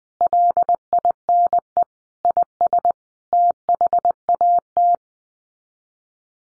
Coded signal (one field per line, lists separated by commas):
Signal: Morse code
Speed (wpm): 20 wpm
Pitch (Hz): 700 Hz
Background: none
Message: LINE IS THAT